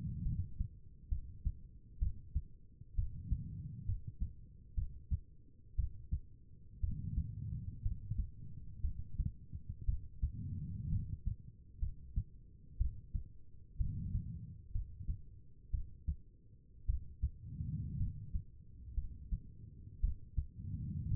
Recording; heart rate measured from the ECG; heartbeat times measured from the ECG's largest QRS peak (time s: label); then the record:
heart sounds by stethoscope; 60 bpm
0.23 s: heartbeat
1.09 s: heartbeat
1.99 s: heartbeat
2.95 s: heartbeat
3.86 s: heartbeat
4.75 s: heartbeat
5.76 s: heartbeat
6.81 s: heartbeat
7.82 s: heartbeat
8.81 s: heartbeat
9.86 s: heartbeat
10.90 s: heartbeat
11.80 s: heartbeat
12.78 s: heartbeat
13.77 s: heartbeat
14.72 s: heartbeat
15.71 s: heartbeat
16.86 s: heartbeat
17.98 s: heartbeat
18.95 s: heartbeat
20.01 s: heartbeat
21.08 s: heartbeat
From the record:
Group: healthy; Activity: rest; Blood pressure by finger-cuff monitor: 94/63 mmHg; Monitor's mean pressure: 73 mmHg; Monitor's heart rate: 62 bpm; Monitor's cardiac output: 4.6 L/min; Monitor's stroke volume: 75 mL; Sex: female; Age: 36 years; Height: 163 cm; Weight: 88 kg